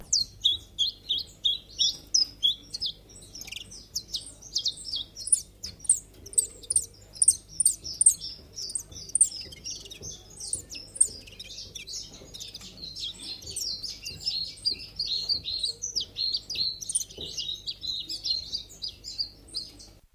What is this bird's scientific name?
Phylloscopus collybita